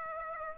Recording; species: mosquito wingbeat signal from an infrared sensor; Aedes aegypti